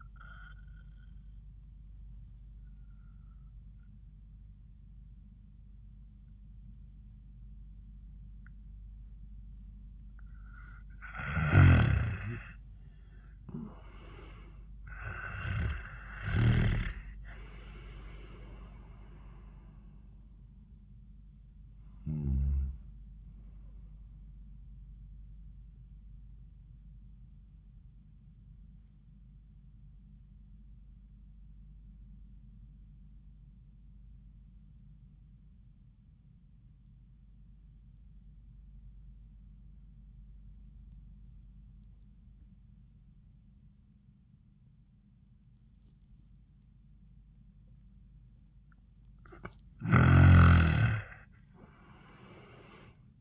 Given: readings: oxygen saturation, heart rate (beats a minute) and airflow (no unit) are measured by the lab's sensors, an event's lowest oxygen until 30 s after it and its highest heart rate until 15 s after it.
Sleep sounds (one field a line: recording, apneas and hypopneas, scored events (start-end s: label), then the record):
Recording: breathing in sleep by a smartphone at the bedside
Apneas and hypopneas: 2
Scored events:
3.00-17.60 s: hypopnea (N1, oxygen 93% highest, then 87% lowest, heart rate 77 at the start, 94 highest)
29.00-48.70 s: obstructive apnea (N1, oxygen 98% highest, then 84% lowest, heart rate 76 at the start, 91 highest)
From the record:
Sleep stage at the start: N1 (lightest sleep)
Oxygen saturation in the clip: 87 to 98%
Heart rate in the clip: 76 to 94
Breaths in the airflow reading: 4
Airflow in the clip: -21.1 to 15.6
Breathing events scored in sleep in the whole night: 400 in 8.7 hours asleep